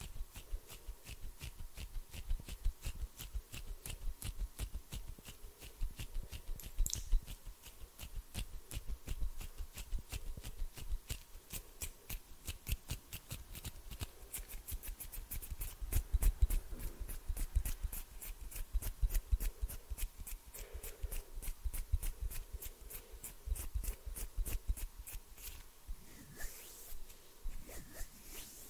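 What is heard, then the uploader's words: Fingers flutter and rub, making dense, rapid crackling taps that run steadily for the whole stretch. The ticks are crisp and bright with a soft low rumble underneath, swelling slightly louder around the middle. No voice is heard. ASMR HAND SOUNDS NO TALKING, ASMR FINGER FLUTTERING, ASMR NO TALKING, ASMR HAND MOVEMENTS.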